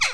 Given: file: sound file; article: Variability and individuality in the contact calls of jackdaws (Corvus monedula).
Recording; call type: jackdaw call; harmonic